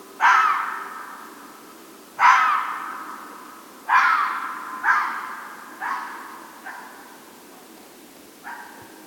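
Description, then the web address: Red fox barking: hoarse, harsh single barks that drop and fade, repeated roughly every one to two seconds, seven in all and growing fainter toward the end. Recorded at Mynämäki on 8 March 2008 at 00:44, at night, with an MKE 300 microphone. "hlehto. kettu"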